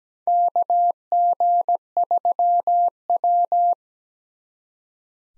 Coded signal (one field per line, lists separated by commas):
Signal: Morse code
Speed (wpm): 17 wpm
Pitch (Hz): 700 Hz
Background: none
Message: KG3W